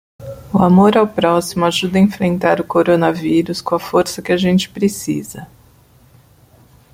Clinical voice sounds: spoken sentence; Brazilian Portuguese; male; 50 to 59 years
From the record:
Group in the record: control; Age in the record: 56 years

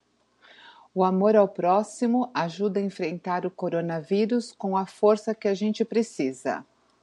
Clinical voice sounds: spoken sentence; Brazilian Portuguese; female; 50 to 59 years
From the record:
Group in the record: control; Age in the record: 51 years

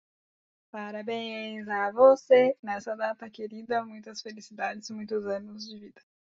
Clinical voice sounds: short text; Brazilian Portuguese; female; 20 to 29 years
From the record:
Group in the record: control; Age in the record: 23 years

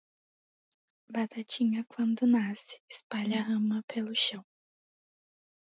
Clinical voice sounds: short text; Brazilian Portuguese; female; 18 to 19 years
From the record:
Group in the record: control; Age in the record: 18 years

